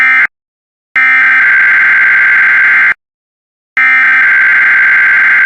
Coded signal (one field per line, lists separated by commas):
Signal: Emergency Alert System (SAME) tones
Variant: header bursts